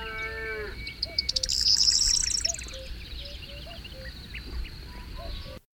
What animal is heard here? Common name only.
Corn Bunting